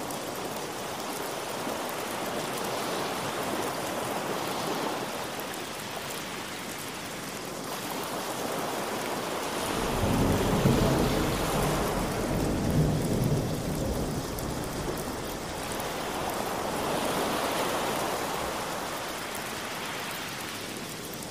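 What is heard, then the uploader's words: Steady rain hisses throughout while a low thunder rumble swells around the middle, and broad wave-like surges rise and fall every few seconds. Rain And Thunder Sound With Ocean Waves.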